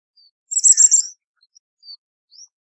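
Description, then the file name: Philippine hanging parrot uttering one loud burst of thin, piercing high squeaks, followed by a few faint, short high notes. "colasisi"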